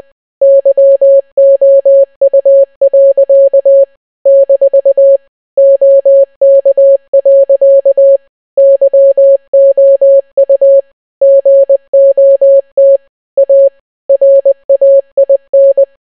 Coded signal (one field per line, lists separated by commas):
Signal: Morse code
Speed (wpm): 20 wpm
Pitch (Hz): 550 Hz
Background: none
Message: YOU. - OK. YOU GOT A RAIN